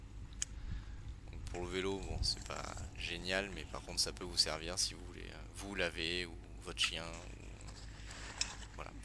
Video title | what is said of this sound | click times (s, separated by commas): Nettoyeur haute pression portable - Mobi Washer V15 | sur la gâchette vous pouvez mettre cette fois la douchette qui elle se clipse au | 0.4 s